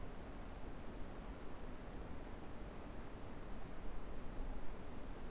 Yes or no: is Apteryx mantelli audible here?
no